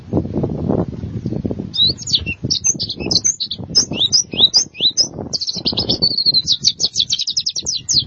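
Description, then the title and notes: White-eye song: sharp high chirps in quick succession, ending in a fast buzzy trill of repeated notes, with a low rumbling noise throughout. "Suara kicauan burung pleci"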